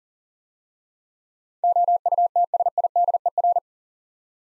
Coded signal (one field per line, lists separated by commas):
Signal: Morse code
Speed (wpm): 39 wpm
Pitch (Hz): 700 Hz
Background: none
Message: OUTSIDER